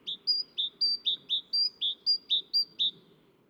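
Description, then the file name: Great tit song: a clear, steady series of several two-note phrases, alternating higher and lower notes, repeated about twice a second. "Parus major"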